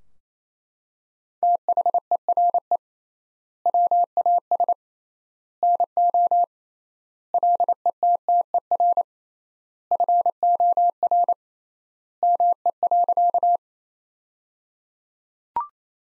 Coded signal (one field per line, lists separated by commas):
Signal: Morse code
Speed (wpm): 28 wpm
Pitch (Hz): 700 Hz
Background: none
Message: THERE WAS NO LETTER FOR ME.